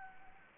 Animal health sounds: mosquito wingbeat signal from an infrared sensor; Anopheles gambiae

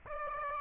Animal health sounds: mosquito wingbeat signal from an infrared sensor; Aedes aegypti

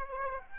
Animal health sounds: mosquito wingbeat signal from an infrared sensor; Aedes aegypti

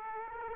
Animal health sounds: mosquito wingbeat signal from an infrared sensor; Aedes aegypti

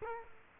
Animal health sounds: mosquito wingbeat signal from an infrared sensor; Culex quinquefasciatus

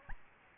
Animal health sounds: mosquito wingbeat signal from an infrared sensor; Aedes albopictus

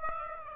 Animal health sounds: mosquito wingbeat signal from an infrared sensor; Aedes aegypti

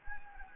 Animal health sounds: mosquito wingbeat signal from an infrared sensor; Anopheles gambiae

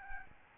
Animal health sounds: mosquito wingbeat signal from an infrared sensor; Aedes albopictus

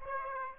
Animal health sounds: mosquito wingbeat signal from an infrared sensor; Aedes aegypti

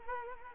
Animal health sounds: mosquito wingbeat signal from an infrared sensor; Anopheles gambiae

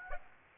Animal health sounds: mosquito wingbeat signal from an infrared sensor; Aedes aegypti

